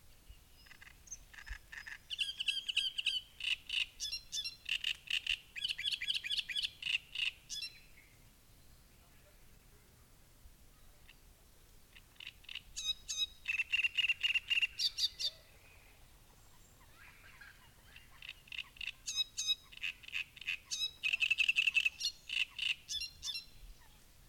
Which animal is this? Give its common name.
Great Reed Warbler